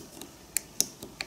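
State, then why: Seated. During an iPhone 5s power-button cable repair, a small flex cable connector is pressed onto its socket on the phone's logic board. Among several short, sharp ticks at about 0.6, 0.8 and 1.2 seconds, the loudest click at 0.8 seconds is the connector snapping in. The connector is seated and fixed in place.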